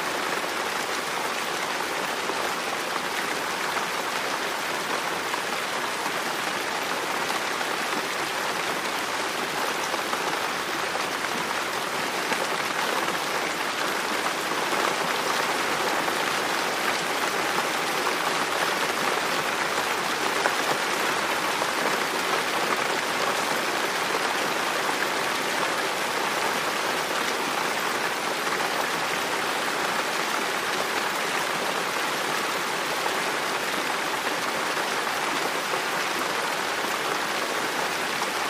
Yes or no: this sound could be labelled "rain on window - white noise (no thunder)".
yes